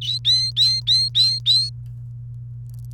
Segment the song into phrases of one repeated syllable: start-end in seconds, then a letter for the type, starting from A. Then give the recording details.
0.02-1.69 A. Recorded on 29 April 2018 at 06:33. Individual llb3